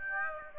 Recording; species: mosquito wingbeat signal from an infrared sensor; Aedes aegypti